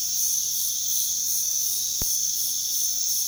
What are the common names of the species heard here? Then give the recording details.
none. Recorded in pastures near Puerto Asís, Putumayo, Colombia, on 21 February 2024 at 04:30. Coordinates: 0.468, -76.328. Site G6414